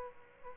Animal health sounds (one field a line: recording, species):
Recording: mosquito wingbeat signal from an infrared sensor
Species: Aedes aegypti